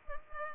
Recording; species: mosquito wingbeat signal from an infrared sensor; Culex pipiens